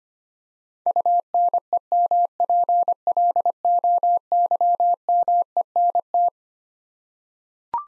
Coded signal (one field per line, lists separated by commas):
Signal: Morse code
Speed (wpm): 25 wpm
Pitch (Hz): 700 Hz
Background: none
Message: UNEMPLOYMENT